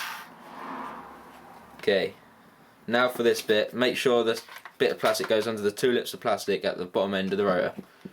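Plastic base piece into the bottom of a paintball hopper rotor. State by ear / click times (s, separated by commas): not seated / none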